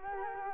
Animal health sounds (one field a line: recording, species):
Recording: mosquito wingbeat signal from an infrared sensor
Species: Culex quinquefasciatus